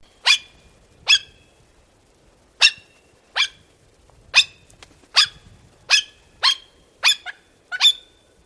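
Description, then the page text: Black-throated magpie-jay giving harsh, raspy calls, about ten repeated roughly every second, some doubled, over a quiet background. "Micah Riegner - Черногорлая сорочья сойка (Calocitta colliei)"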